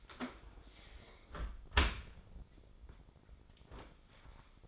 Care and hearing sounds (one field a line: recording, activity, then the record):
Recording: daily activity, microphone in the room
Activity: close dishwasher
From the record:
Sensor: 5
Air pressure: 995.8 hPa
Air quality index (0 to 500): 105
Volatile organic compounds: 7 ppm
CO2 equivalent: 2036 ppm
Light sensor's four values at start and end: 41/97/40/42 and 41/97/40/43